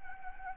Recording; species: mosquito wingbeat signal from an infrared sensor; Anopheles gambiae